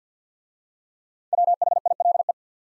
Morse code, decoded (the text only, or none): WHILE